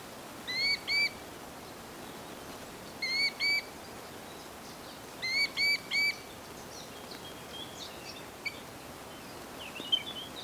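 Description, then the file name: Little grebe calls: three short groups of two or three clear whistled notes, followed by faint scattered chirps. "Dodaars Tachybaptus ruficollis"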